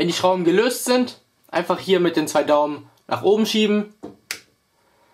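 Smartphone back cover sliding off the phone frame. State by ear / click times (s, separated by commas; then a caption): released / 4.3 s. Someone talks while the glass back cover of a smartphone is pushed upward with both thumbs after its two bottom screws are removed. A short sharp click sounds at 4.3 s as the back cover clicks free of the phone frame and can be lifted off.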